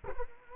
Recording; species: mosquito wingbeat signal from an infrared sensor; Culex quinquefasciatus